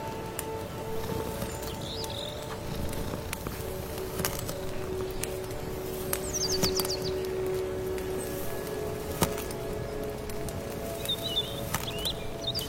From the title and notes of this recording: Stir your magic amulet soup, accompanied by birdsong, firewood, rustling rain. Late autumn forest.